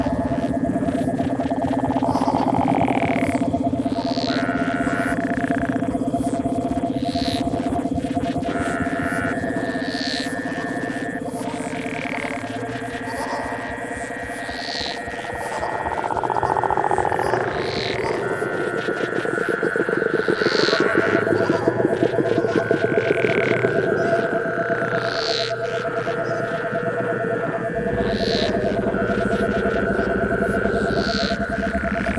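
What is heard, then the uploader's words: A frog or toad calls in a dense, continuous chorus of rapid trills and repeated croaks, with steady droning tones running underneath throughout. Every sound you hear on this is a frog or a toad.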